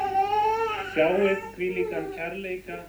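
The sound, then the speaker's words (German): An infant boy cries loudly and continuously during his baptism in Iceland while his young father holds him, a high, wavering wail that breaks into a series of shorter, rising sobs toward the end. “Der junge Vater, der die ehrenvolle Aufgabe hat, den Schreihals zu bändigen, schwitzt Blut und Wasser.”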